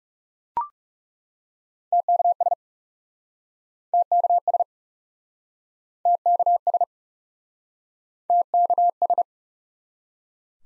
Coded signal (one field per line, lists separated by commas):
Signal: Morse code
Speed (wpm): 40 wpm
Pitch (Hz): 700 Hz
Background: none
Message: TKS TKS TKS TKS